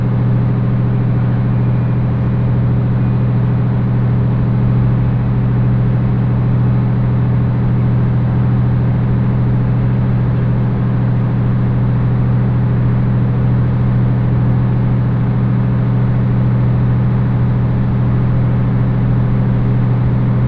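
A hybrid diesel railcar of the HB-E210 series runs on a rapid service, its engine and drive giving a steady, deep hum with a firm tone near the bottom. The drone holds even and unbroken for the whole stretch, with a soft rushing wash above it and no distinct events.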